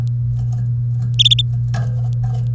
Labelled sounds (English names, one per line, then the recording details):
Domestic Canary song
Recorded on 30 April 2018 at 12:50
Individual llb3